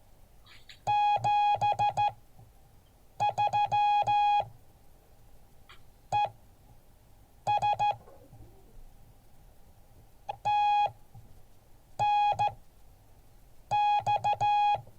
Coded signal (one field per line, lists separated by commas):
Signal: Morse code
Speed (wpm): 14 wpm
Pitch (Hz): 830 Hz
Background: none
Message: 73 ES TNX